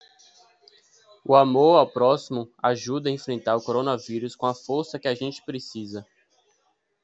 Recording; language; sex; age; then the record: spoken sentence; Brazilian Portuguese; male; 20 to 29 years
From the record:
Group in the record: control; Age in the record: 21 years